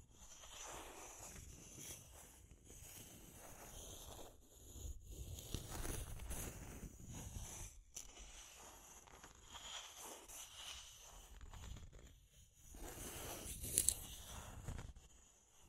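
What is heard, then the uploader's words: Deep scratching rasps on in uneven bursts, low and rough with a gritty, papery top edge. Strokes swell and fade irregularly, louder around five to seven seconds and again near fourteen, with short pauses between. Faint soft rustles and dull knocks sit underneath. Deep Scratching. (No Talking).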